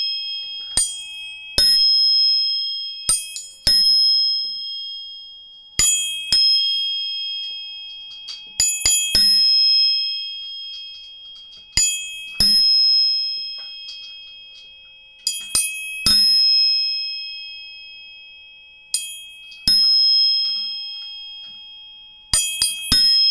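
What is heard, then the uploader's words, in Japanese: A tuning fork is struck again and again, often in quick pairs every few seconds, each sharp metallic tap followed by a bright, steady ringing tone that slowly fades. The pure high pitches hang in the quiet between strikes. 音叉チューニング3本。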